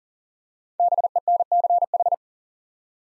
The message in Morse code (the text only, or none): BENCH